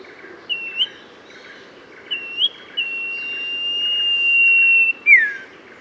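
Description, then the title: Oriental magpie-robin song: clear whistled phrases, one long level whistle held about two seconds, then a sharp falling slur, over a steady low hiss. "Kicau Kacer"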